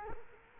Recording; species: mosquito wingbeat signal from an infrared sensor; Culex quinquefasciatus